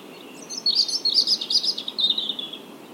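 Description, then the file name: European robin singing one short, high, tinkling phrase of quick varied notes that ends in a falling, thin trill, with faint background hiss. "Erithacus rubecula"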